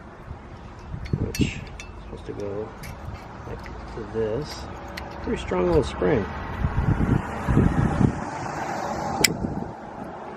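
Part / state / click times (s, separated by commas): door handle push-button mechanism into its tab on the door latch rod / seated / 9.3 s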